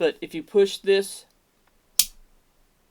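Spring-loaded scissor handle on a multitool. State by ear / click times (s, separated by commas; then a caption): released / 2.0 s. Someone talks, then pushes the scissors on a multitool until the spring-loaded scissor handle snaps out open. A single sharp snap is heard at 2.0 s, and the handle is released open.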